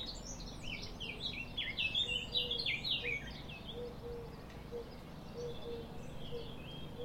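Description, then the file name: Eurasian blackcap giving a fast, varied warbling phrase of bright fluty notes, over background noise. "Sylvia atricapilla"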